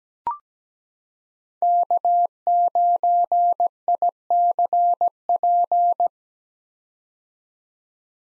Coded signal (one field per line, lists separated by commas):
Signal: Morse code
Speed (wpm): 17 wpm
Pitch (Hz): 700 Hz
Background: none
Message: K9ICP